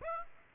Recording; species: mosquito wingbeat signal from an infrared sensor; Aedes aegypti